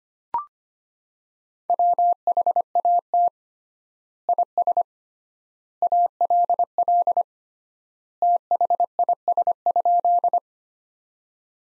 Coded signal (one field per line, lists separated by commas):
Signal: Morse code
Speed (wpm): 25 wpm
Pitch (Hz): 700 Hz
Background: none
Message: WHAT IS ALL THIS?